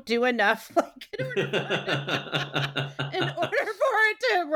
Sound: both laugh